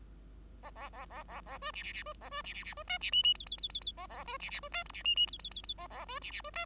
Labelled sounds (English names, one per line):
Bengalese Finch song